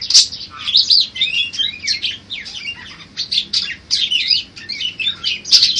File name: parkit isian cj lb cililin serindit gereja tarung